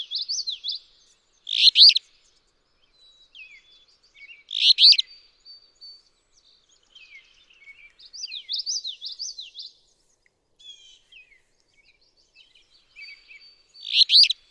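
Alder flycatcher repeating a buzzy song phrase a few times at uneven intervals, with softer warbled notes from another bird in between.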